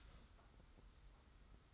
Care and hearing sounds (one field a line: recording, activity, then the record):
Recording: daily activity, microphone in the room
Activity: start toaster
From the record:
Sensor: 3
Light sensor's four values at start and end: 41/117/47/41 and 41/117/47/42